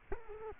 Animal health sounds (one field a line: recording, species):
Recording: mosquito wingbeat signal from an infrared sensor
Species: Culex quinquefasciatus